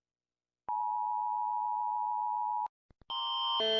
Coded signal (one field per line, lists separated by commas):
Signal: Emergency Alert System (SAME) tones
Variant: 853 and 960 Hz attention tone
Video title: Rating EAS Alarms!